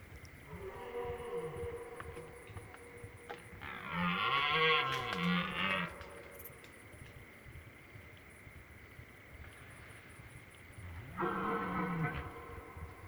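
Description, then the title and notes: Red deer bellows: three deep, groaning roars with rich harmonics, the middle one loudest, separated by quieter gaps with faint insect ticking. Rut; three stags repeatedly confronting and fighting; night, 23:15, 4 October 2019; Drôme, France; river in background; insects active; binaural recording, two MKH 8020 microphones on a MixPre-3. "04 octobre 2019-23h15-Drôme"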